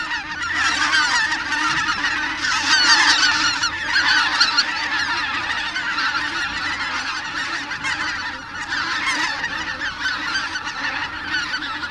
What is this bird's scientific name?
Anser albifrons